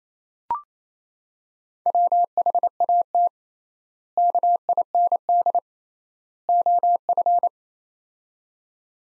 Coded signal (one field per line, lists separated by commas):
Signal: Morse code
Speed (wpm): 28 wpm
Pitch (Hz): 700 Hz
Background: none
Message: WHAT KIND OF